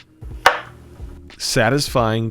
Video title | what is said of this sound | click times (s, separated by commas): Motorola Razr Ultra 2025 UNBOXING & Hands-On Deep Dive – The Flip Phone Just Got INSANE! | Satisfying click when it closes. | 0.5 s